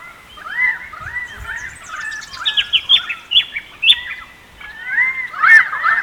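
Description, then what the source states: Currawongs calling, overlapping arched and whistled notes in a busy chorus, with sharper clipped notes bunched in the middle. More than one currawong.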